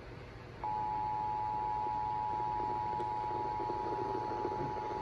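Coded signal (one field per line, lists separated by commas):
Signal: Emergency Alert System (SAME) tones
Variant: 853 and 960 Hz attention tone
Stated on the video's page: Child abduction emergency (AMBER) alert received off NOAA weather radio station, recorded on iPhone XR.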